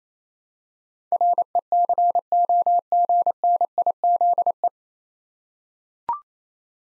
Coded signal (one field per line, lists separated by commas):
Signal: Morse code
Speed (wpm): 28 wpm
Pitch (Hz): 700 Hz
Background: none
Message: RECOGNIZE